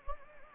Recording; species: mosquito wingbeat signal from an infrared sensor; Anopheles gambiae